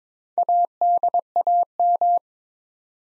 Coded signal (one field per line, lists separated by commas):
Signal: Morse code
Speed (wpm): 22 wpm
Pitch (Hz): 700 Hz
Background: none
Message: ADAM